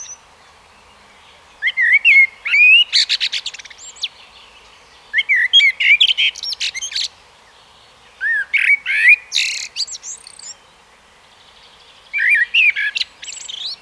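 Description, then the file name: Common blackbird song: four phrases of low mellow whistles that break into harsh high twittering, each phrase a few seconds apart. "Turdus merula"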